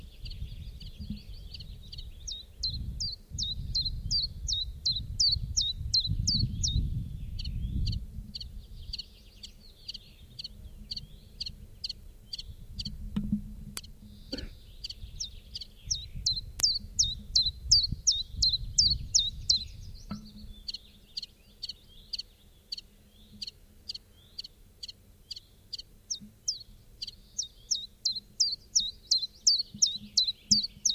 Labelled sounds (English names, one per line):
Common Chiffchaff song